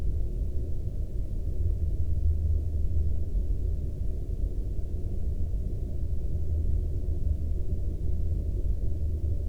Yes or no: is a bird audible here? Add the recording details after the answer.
no. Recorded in the Prudhoe Bay oil fields, Alaska, on 12 May 2019 at 13:16. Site 25